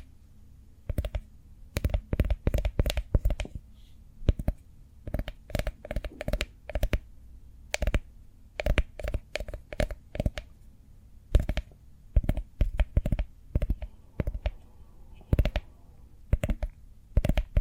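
Cork triggers tapped and clicked in quick, uneven bursts, sharp bright knocks clustering then pausing, over a low steady hum throughout.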